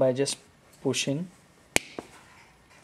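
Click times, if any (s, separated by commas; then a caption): 1.8 s. A bearing is pushed by hand into the hub of a new inline skate wheel while someone talks. A sharp, loud click at 1.8 s marks the bearing seating in the wheel, followed by a fainter tap at 2.0 s.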